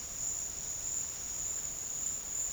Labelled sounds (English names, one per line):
none